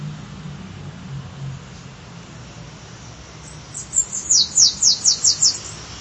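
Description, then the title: Bananaquit song: after a quiet stretch with a faint low hum, a quick run of about seven very high, thin, buzzy notes repeated rapidly near the end. "Canto De Cambacica"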